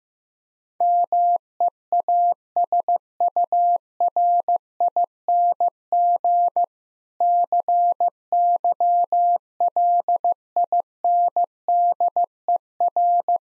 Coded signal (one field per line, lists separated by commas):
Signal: Morse code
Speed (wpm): 15 wpm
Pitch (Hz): 700 Hz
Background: none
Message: MEASURING CYLINDER